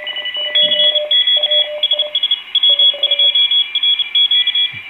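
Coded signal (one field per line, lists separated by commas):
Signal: Morse code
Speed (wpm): 30 wpm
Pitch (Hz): 3350 Hz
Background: none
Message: CQ SS W2RQ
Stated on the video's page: Morse heard during the SS test, received on an IC-7610 and an IC-7300 with AGC off; the 7610 shows distortion products.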